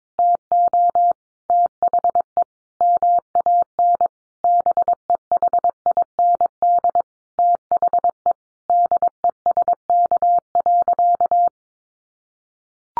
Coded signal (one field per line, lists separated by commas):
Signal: Morse code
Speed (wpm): 22 wpm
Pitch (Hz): 700 Hz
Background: none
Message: TO THE MAN BEHIND THE DESK.